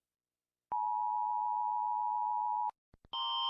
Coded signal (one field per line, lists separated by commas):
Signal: Emergency Alert System (SAME) tones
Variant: 853 and 960 Hz attention tone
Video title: Rating EAS tones (cuz everyone does)